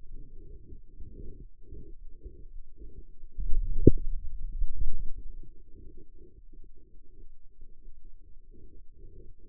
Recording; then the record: forearm muscle sounds (acoustic myography)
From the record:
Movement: hand closing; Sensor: system 2, bracelet of six BSWA MPA416 microphones around the upper forearm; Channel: 5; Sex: male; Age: 22 years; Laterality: right